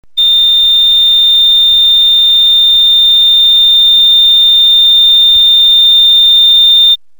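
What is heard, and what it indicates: A single steady, high-pitched tone holds unbroken for about seven seconds, with no separate beat-by-beat beeps. It is a simulated monitor flatline alarm, signalling no detected heart rhythm (asystole).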